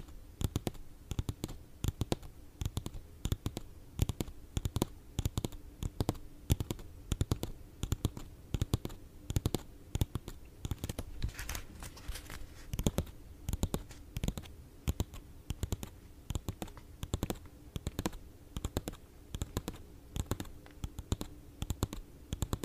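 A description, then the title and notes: Quick, dense tapping runs without pause, sharp clicks falling several per second in uneven clusters over a faint steady low hum. 2 hours of asmr triggers [asmr tapping, asmr for sleep].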